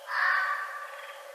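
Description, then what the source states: Red fox giving a single hoarse, rasping call that starts loud and trails off over about a second, over a steady low hum. Recorded 11 November 2011.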